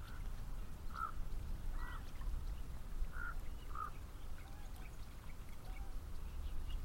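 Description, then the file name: Common raven giving several short throaty croaks at irregular intervals, with a constant low road hum underneath. Ravens recorded at Elizabeth Lake, with cars passing. "Elizabeth Lake Ravens And Cars"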